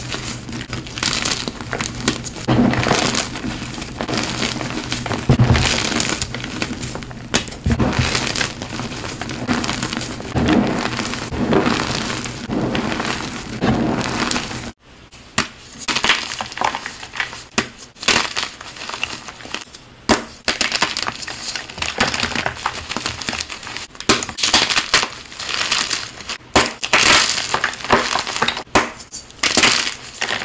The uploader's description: Compilation of new crushes